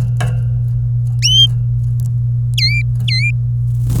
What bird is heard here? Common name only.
Domestic Canary